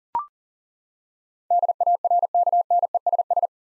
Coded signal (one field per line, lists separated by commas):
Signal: Morse code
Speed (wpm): 40 wpm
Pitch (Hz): 700 Hz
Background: none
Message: DARKNESS